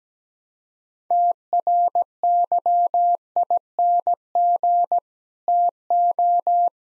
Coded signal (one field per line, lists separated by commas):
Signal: Morse code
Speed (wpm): 17 wpm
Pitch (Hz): 700 Hz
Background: none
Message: TRYING TO